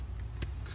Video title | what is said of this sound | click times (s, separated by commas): Replacing blade on Stanley utility knife (model 10-788) | put it back in it's locked into place | 0.4 s